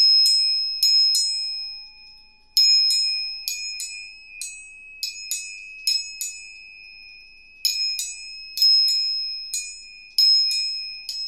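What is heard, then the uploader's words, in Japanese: Three tuning forks ring together: two high, steady tones hold throughout while a softer, lower tone fades away after about four seconds. Sharp metallic taps strike every half second to second, often in pairs, each bright attack decaying back into the sustained ringing. 音叉チューニング3本。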